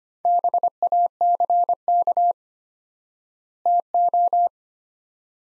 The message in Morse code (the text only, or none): BACK TO